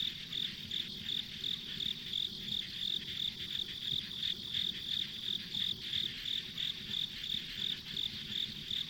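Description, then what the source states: Insect chirps in a fast, even rhythm of roughly three pulses per second, layered over a constant shrill buzz and faint low background noise. Ambient insect sounds on a rural country road.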